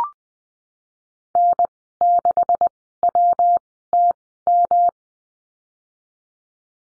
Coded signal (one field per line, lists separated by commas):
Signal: Morse code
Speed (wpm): 20 wpm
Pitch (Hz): 700 Hz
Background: none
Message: N 6 W T M